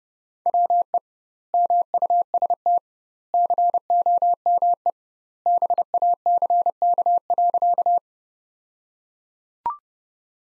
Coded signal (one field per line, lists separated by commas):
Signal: Morse code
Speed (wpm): 30 wpm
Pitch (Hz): 700 Hz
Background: none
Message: WE MUST COME BACK.